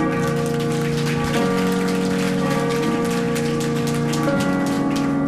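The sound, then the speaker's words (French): Steady audience applause, a dense crackle of many hands clapping, runs the whole time over sustained, organ-like musical tones that shift pitch a few times. “Applaudissements.”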